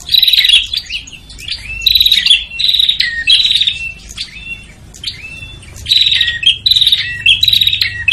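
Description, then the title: Prinia calls, bursts of high, sharp chirping notes in rapid strings with short rising whistles, repeated in clusters. Noisy prinia calls used as a lure to attract prinias, including red-headed and visiting ('guest') prinias. "Suara Prenjak Ribut. Pikat Burung Prenjak Kepala Merah Prenjak Tamu"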